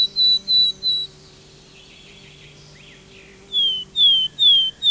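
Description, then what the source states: Willow tit song: three clear, level whistled notes, then a pause, then four more falling whistles in an even, slow series. Faint, clear-toned song heard from afar in pine heath forest, recorded by Jan-Erik Bruun; among our most numerous small birds, declined as forests lost the decaying stumps where it excavates nests; song somewhat melancholy.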